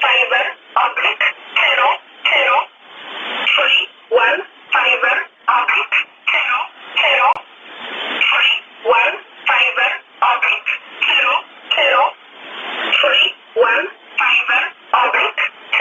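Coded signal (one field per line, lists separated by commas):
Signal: numbers station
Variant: E11 Oblique, English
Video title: 29 12 2018 E11 Oblique Numbers station in English to Eu 0805 on 7377 unknown tx site in USB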